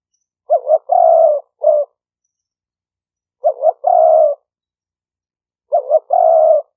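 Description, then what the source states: Spotted dove cooing, a wavering two-part lead-in then a long low coo, repeated about every two and a half seconds, once with an extra short note. "5 hậu" call type.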